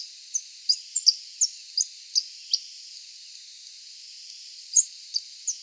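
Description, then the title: Coal-crested finch giving high, sharp chirps in an irregular series, a gap of about two seconds, then three more notes, with soft hiss behind. "LuckyPassaro Completos2Sama. Coal-crested Finch (Charitospiza eucosma)"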